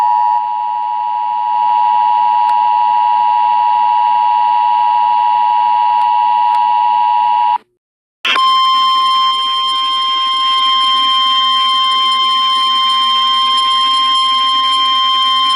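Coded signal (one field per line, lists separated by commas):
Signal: Emergency Alert System (SAME) tones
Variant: 853 and 960 Hz attention tone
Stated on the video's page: EAS Tornado Warning for St. Louis broadcast on an FM radio station.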